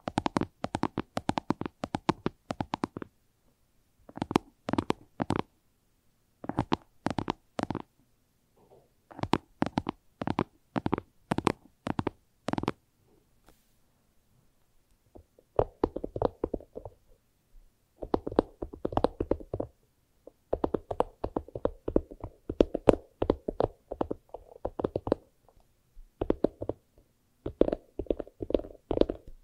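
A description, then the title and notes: Fast tapping comes in quick bursts of dense, crisp strikes, each run lasting a second or two before a short pause. The early bursts sound sharper and brighter, while the later ones, from around fifteen seconds, are softer and more muffled, with near silence between runs. ASMR Irresistible Tapping. No Talking.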